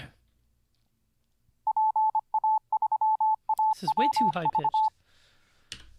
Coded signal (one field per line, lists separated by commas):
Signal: Morse code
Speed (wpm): 25 wpm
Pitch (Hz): 870 Hz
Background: speech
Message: PA3AWV